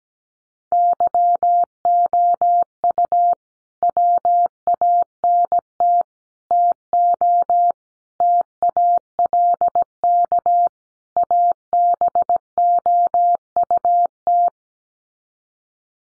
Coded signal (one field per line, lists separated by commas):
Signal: Morse code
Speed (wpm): 17 wpm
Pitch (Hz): 700 Hz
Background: none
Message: YOU WANT TO TALK ABOUT